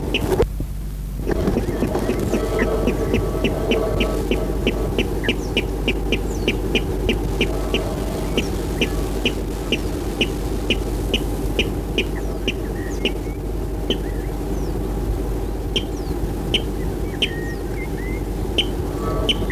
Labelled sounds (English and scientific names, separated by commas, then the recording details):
Water Rail (Rallus aquaticus) song
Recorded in the wild
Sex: male
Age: adult
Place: Aseleben, Eislebener Senke, Sachsen-Anhalt, DE
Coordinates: 51.4953, 11.6728
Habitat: lake
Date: 1964-04-01
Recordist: Stiefel, Arnd